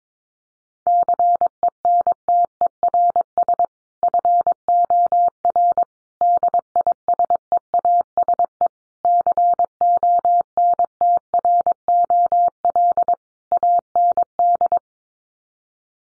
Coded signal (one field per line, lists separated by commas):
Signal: Morse code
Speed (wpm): 22 wpm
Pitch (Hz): 700 Hz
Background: none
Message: CENTERS FOR DISEASE CONTROL AND